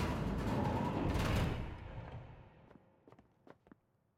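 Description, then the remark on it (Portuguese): A loud burst of noise fades out, followed by several sharp, crisp shots popping off in a quick, uneven series, each one brief and snapping before dying away. “Não sei como sobreviveu àquele tiro, mas eu não vou te deixar machucar mais ninguém.”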